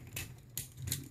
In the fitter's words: and whenever you push these hands in you're going to get two clicks one click and there's the second one you know that it's fully in there